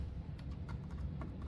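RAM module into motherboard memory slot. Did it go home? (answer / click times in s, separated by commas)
no / none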